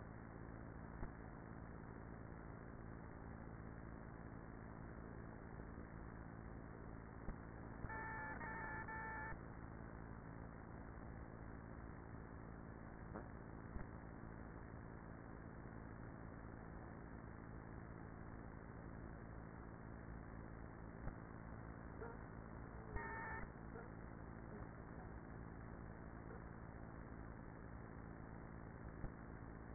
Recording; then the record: honeybee colony, microphone inside the hive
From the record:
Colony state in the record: queenless with a low population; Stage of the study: after two queens were removed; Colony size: about 30,000 bees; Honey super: no